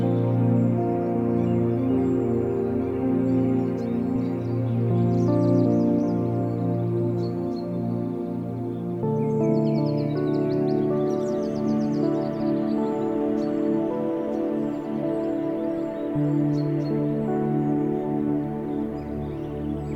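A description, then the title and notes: Birds chirp and trill high above a soft, sustained bed of calm meditation music. The slow, low chords hold steady and shift around nine seconds and again near sixteen. The quick bird calls come in scattered bursts and grow busier in the second half. Meditation Music In A Picturesque Garden With Nature Sounds. In this colorful haven, birds are joyfully singing.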